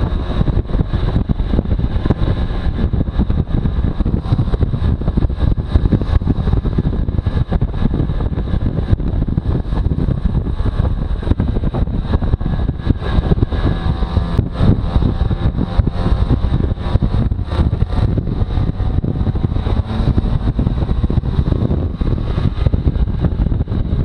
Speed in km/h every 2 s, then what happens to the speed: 38, 38, 38, 38, 38, 37, 38, 41, 42, 44, 43, 40.
0-11 steady at about 38. 11-19 speeds up to 44.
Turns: none.